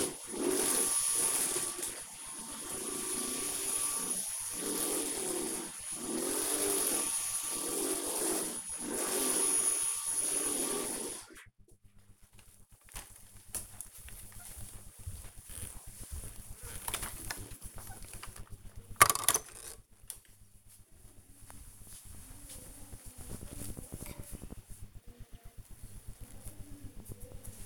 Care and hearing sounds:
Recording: household activities, microphone on the right wrist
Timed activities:
0.00-11.58 s: vacuum cleaning

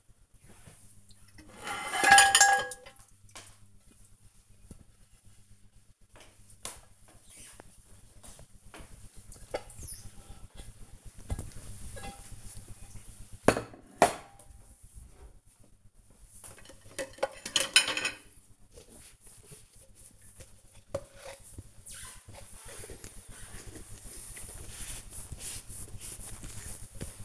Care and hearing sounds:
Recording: household activities, microphone on the right wrist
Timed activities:
0.00-27.25 s: cleaning out the dishwasher

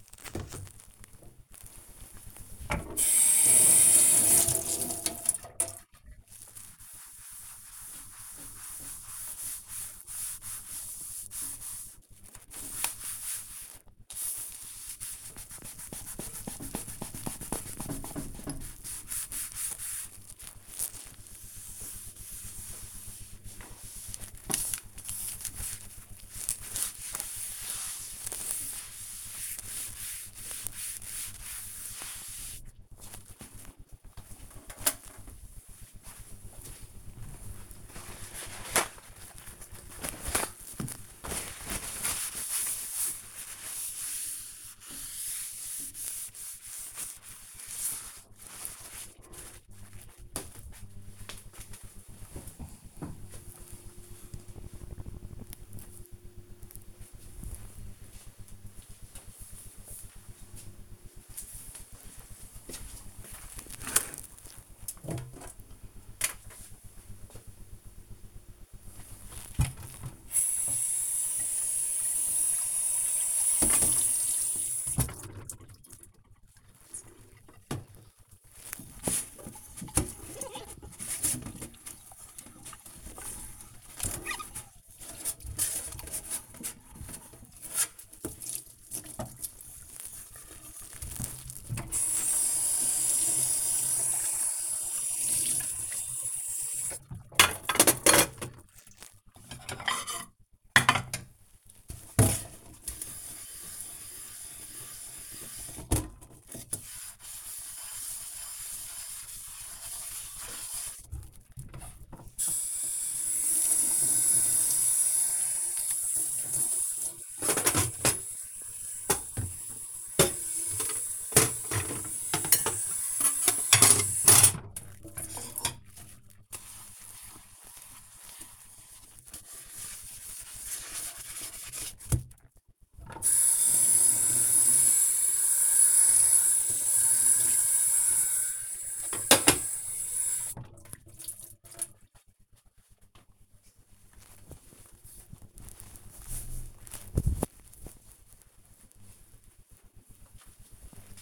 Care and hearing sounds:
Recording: household activities, microphone on the right wrist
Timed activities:
0.00-49.12 s: cleaning table
68.28-140.79 s: washing dishes

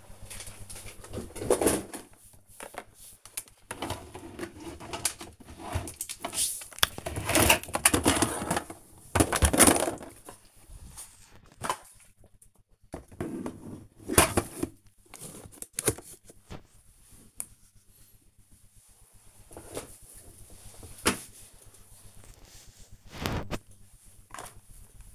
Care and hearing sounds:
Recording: household activities, microphone on the right wrist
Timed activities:
0.00-11.38 s: tidy up the cupboard
12.39-25.15 s: tidy up the cupboard

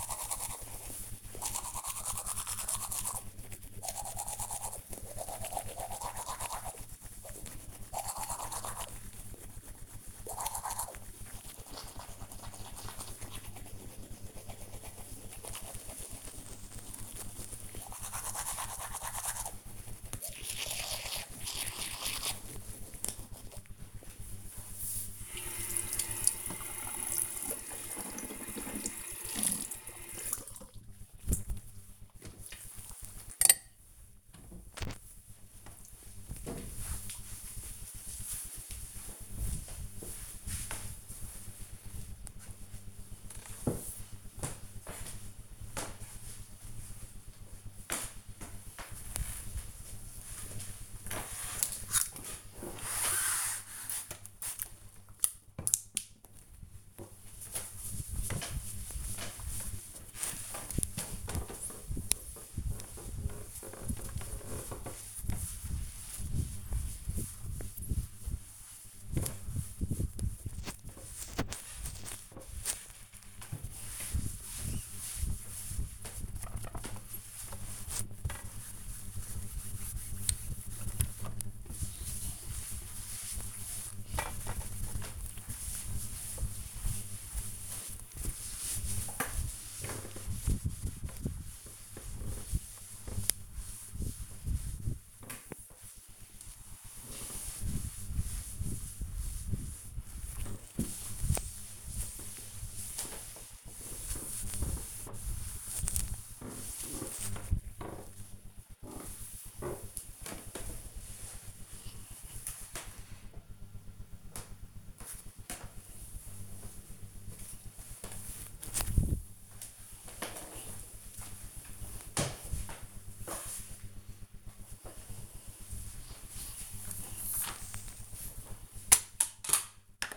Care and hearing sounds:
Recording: household activities, microphone on the right wrist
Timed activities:
0.00-31.78 s: brushing teeth
46.91-107.32 s: window cleaning
124.40-130.17 s: floor cleaning

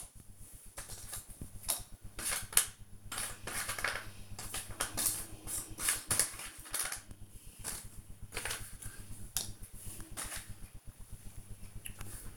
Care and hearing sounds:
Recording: household activities, microphone on the right wrist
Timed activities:
0.00-12.37 s: doing a puzzle

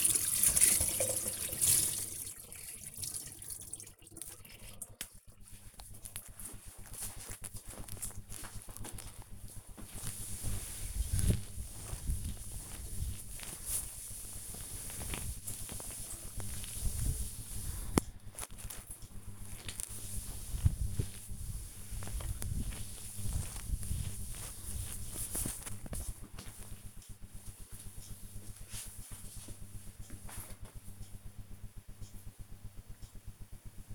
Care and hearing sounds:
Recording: household activities, microphone on the right wrist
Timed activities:
0.00-30.09 s: cleaning table

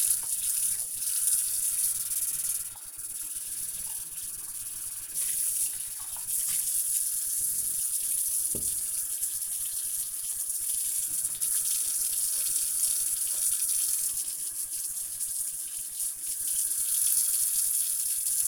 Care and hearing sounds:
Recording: household activities, microphone on the right wrist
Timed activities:
0.00-18.48 s: washing dishes

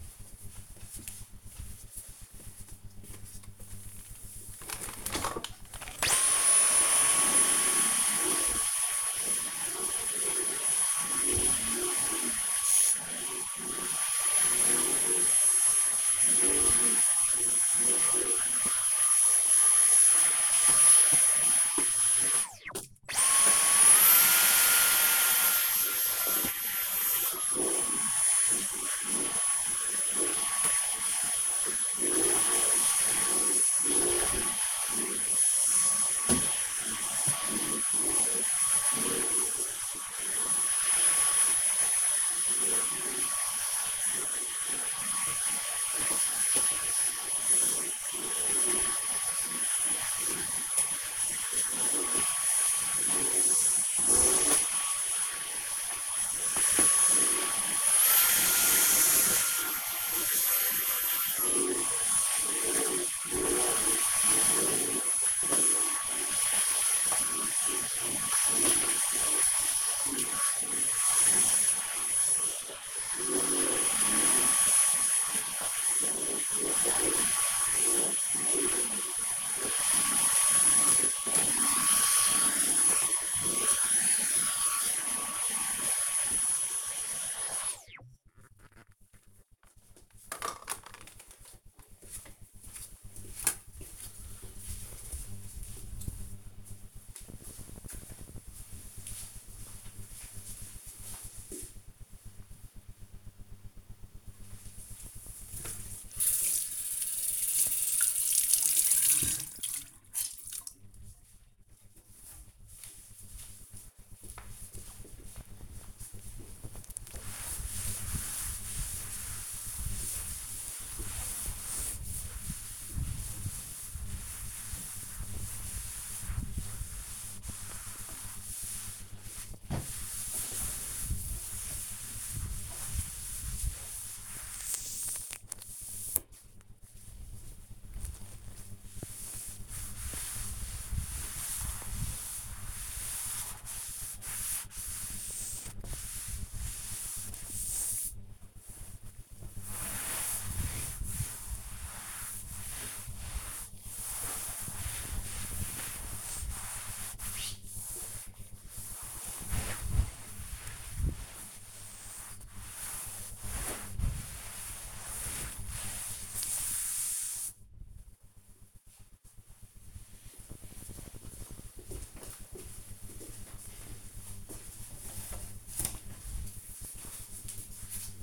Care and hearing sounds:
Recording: household activities, microphone on the right wrist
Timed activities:
2.48-88.14 s: vacuum cleaning
104.25-167.54 s: cleaning table

